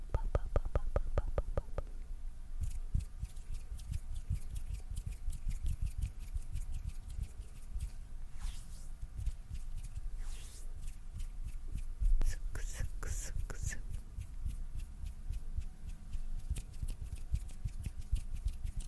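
Dense ASMR mouth sounds and hand sounds: a rapid string of wet clicks and taps that slows after about two seconds into irregular crackles and snaps. Brief breathy whispered bursts rise around 8, 10 and 12–14 seconds over a low steady rumble.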